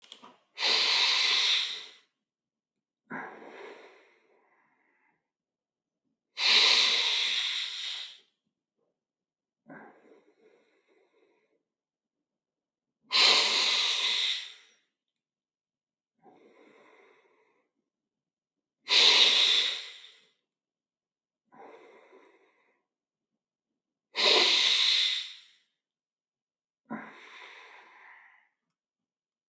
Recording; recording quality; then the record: deep breathing; excellent, no background noise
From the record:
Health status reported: healthy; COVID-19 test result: negative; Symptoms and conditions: none ticked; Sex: male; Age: 47 years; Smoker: not ticked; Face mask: not worn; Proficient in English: yes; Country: India